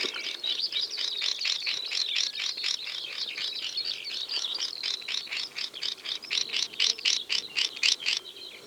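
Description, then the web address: Swinhoe's Snipe calling, a fast series of sharp, high, clipped notes, several per second, more spaced toward the end. "Swinhoe's snipe. صدای-پرنده-پاشلک-چینی"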